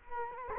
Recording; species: mosquito wingbeat signal from an infrared sensor; Culex quinquefasciatus